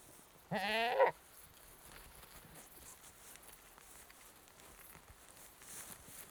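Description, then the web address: Goat giving a single short, wavering nasal bleat lasting about half a second, then quiet background hiss. British goat bleating, annoyed; livestock. "The BBC Sound Effects Library. British Goat Bleating"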